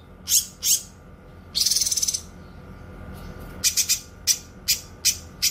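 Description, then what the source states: Streaked spiderhunter song mixing a few sharp high chips with a fast, buzzy rattling trill, then a series of piercing notes; faint hum underneath. Tutor song for training birds; singing vigorously, clear and long.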